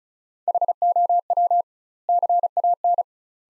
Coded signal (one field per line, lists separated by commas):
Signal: Morse code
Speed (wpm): 36 wpm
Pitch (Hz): 700 Hz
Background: none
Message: HOW CAN